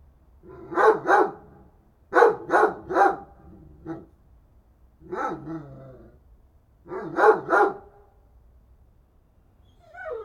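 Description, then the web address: Dog barking in repeated clusters of two or three barks, with one drawn-out whining bark between them. "Effects 02-Birds, Insects Animals. Animals dogs"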